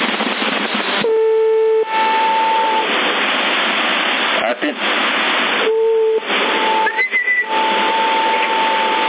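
A steady, buzzy small-horn (trombetta) tone sounds twice through hissy, narrow-band CB radio static during a test transmission, each blast lasting under a second, with fainter whistling tones drifting in between.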